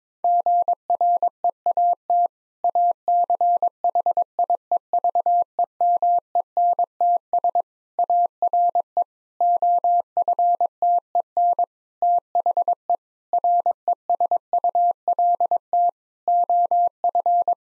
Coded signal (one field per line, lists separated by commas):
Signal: Morse code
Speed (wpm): 22 wpm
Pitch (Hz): 700 Hz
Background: none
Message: GREAT ACHIEVEMENTS ARE OFTEN THE RESULT OF